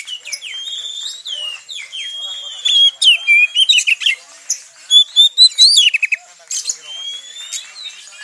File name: Suara Kacer Tretes Pulihkan Mental Burung Kicauan Lainnya